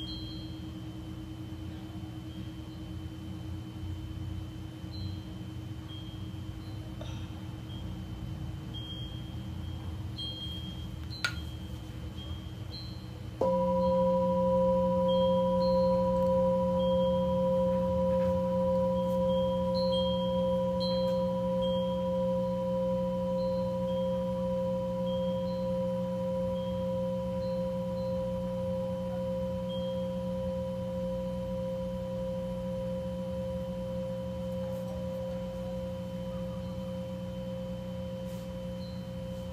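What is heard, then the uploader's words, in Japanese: A Tibetan singing bowl for sound healing. A low, steady hum fills the first thirteen seconds; then the bowl is struck once and rings out with layered low and middle tones that sustain, fading very slowly through the end. Faint high ticks sound throughout. 日蝕明けのメキシコからシンギングボウルのサウンドヒーリング。チベタンシンギングボウル #メキシコ。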